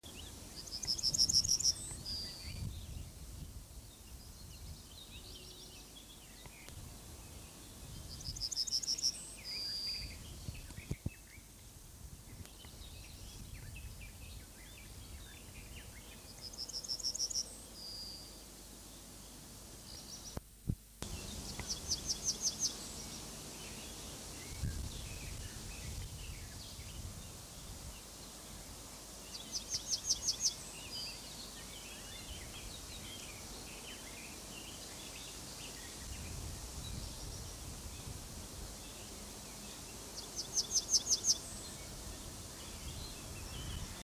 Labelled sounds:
Yellowhammer song
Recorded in the wild
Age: adult
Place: Oehrenstock/Langewiesen, Thüringer Wald, Thüringen, DE
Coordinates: 50.6603, 10.9428
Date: 2003-05-26
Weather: bedeckt, 11°C
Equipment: Fair Mate ST-1328 (Asahi Electronics, Japan), Sennheiser ME 80, Kopie Uher 4000 Report Monitor
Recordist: Tembrock, Günter
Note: Gesang

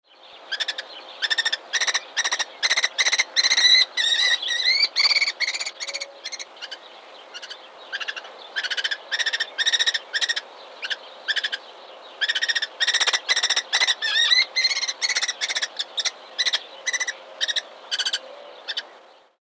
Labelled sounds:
Red-footed Falcon
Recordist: Tembrock, Günter
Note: Rufreihen

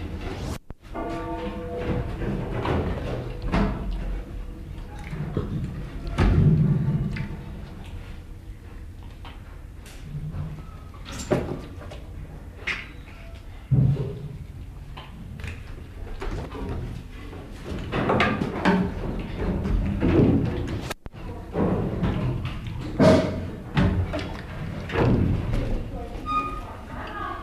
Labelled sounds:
Mantled Guereza call
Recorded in captivity
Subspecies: caudatus
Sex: group
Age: diverse
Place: Zoopark Erfurt, Thüringen, DE
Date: 1972-05-19 14:00
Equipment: Uher 4200 Report Stereo, Sennheiser-Mikrofon, Tesla-Verstärker
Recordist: Tembrock, Günter

